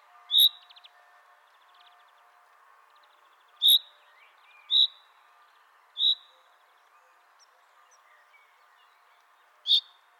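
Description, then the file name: Common chaffinch calling with five abrupt, bright single notes at uneven intervals, against faint steady background noise. "Fringilla coelebs"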